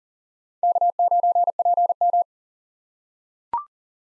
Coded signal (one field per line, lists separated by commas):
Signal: Morse code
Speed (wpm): 40 wpm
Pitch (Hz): 700 Hz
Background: none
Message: K9PM